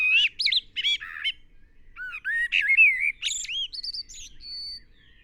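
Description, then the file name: Common blackbird song: clear, fluty whistles sliding up and down, followed by higher chattering notes and a final thin, level whistle. "Turdus merula"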